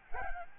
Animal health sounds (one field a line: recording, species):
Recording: mosquito wingbeat signal from an infrared sensor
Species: Aedes albopictus